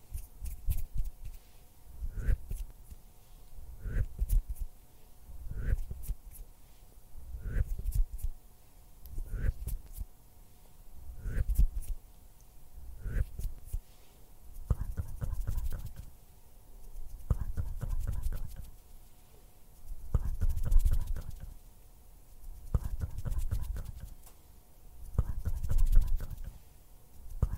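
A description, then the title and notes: Hand and mouth sounds: soft, breathy thumps repeat at a steady pace, roughly every second and a half, each with a brief brighter click. After about fifteen seconds the bursts turn denser and fluttery, like fingers rapidly tapping, while a faint steady hum runs underneath throughout. Hand sounds, finger fluttering, mouth sounds.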